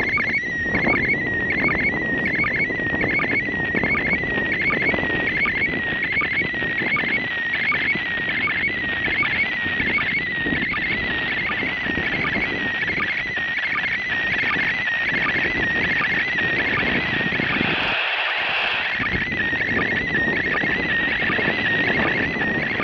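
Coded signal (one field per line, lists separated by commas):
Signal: SSTV (slow-scan television)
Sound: warbling whistle near 2 kHz with regular short blips, buried in hiss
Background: radio static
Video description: Reception of SSTV from the ISS to Malta on December 8 2016 using Handheld Transceiver Baofeng and Robot 36 on OnePlus 3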